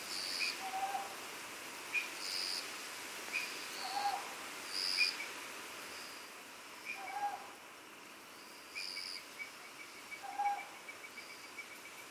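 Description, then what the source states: Owl giving short, low, even hoots, one roughly every three seconds, among higher chirps, buzzy insect trills and a steady hiss of background noise. Recorded on Iriomote Island, Okinawa, Japan.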